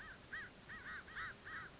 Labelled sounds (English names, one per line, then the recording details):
American Crow
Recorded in Sonoma County, California